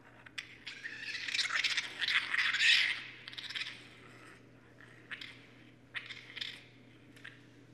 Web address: sounds mammals Raccoon 2012 01 23 Raccoon